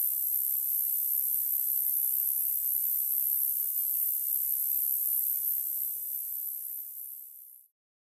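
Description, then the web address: Roesel's katydid giving a steady, high-pitched sizzling buzz that runs unbroken for over seven seconds, then weakens and stops. North America. "Songs of Insects. Roesels Katydid"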